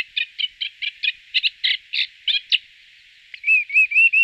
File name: forapaglie castagnolo